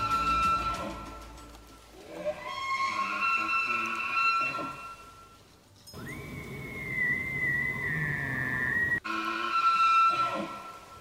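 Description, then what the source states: Elk call: a high, whistled tone that shoots upward and then holds, wavering slightly for several seconds, with lower harmonic moans and a rough background of noise. Mystery animal sound played on a radio show; one guesser likened it to a mating call.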